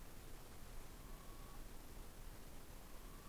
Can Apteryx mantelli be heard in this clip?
no